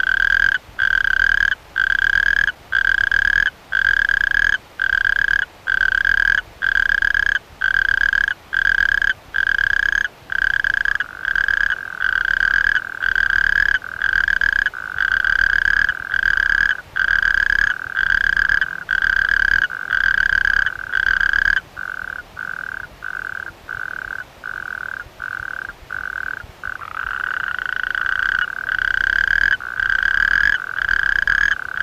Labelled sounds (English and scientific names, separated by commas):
Natterjack Toad (Bufo calamita) call